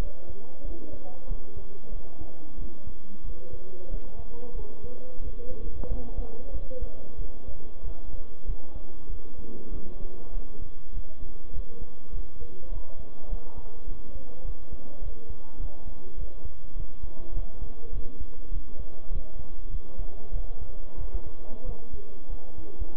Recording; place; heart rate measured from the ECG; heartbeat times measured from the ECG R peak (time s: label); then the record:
heart sounds by stethoscope; between the tricuspid and mitral areas; 97 bpm
0.63 s: heartbeat
1.26 s: heartbeat
1.90 s: heartbeat
2.57 s: heartbeat
3.23 s: heartbeat
3.89 s: heartbeat
4.53 s: heartbeat
5.20 s: heartbeat
5.86 s: heartbeat
6.51 s: heartbeat
7.17 s: heartbeat
7.82 s: heartbeat
8.45 s: heartbeat
9.08 s: heartbeat
9.70 s: heartbeat
10.32 s: heartbeat
10.92 s: heartbeat
11.52 s: heartbeat
12.11 s: heartbeat
12.70 s: heartbeat
13.28 s: heartbeat
13.86 s: heartbeat
14.43 s: heartbeat
15.00 s: heartbeat
15.58 s: heartbeat
16.16 s: heartbeat
16.74 s: heartbeat
17.32 s: heartbeat
17.91 s: heartbeat
18.50 s: heartbeat
19.10 s: heartbeat
19.70 s: heartbeat
20.31 s: heartbeat
20.96 s: heartbeat
21.64 s: heartbeat
22.28 s: heartbeat
22.95 s: heartbeat
From the record:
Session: bicycle stress test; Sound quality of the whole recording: good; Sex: male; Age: 23 years